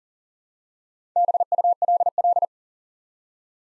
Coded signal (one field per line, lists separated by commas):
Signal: Morse code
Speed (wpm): 41 wpm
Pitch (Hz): 700 Hz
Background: none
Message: BULL